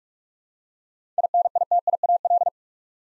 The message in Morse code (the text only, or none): INITIAL